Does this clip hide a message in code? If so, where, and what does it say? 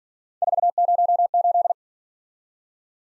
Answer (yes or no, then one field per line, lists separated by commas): yes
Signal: Morse code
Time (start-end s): 0.4-1.7 s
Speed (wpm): 48 wpm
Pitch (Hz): 700 Hz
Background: none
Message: 408